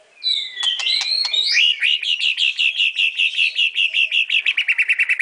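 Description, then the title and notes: White-rumped shama giving a few sharp clicks and whistles, then a long rapid series of repeated bright chip notes that quickens toward the end. Masteran (training) song used for teaching. "Murai Batu Album 01. Masteran Murai Batu"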